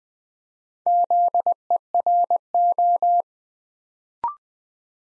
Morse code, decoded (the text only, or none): ZERO